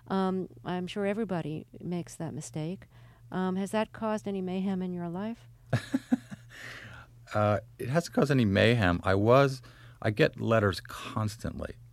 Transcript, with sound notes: I'm sure everybody makes that mistake. Has that caused any mayhem in your life?
(laughs) It hasn't caused any mayhem. I was -- I get letters constantly,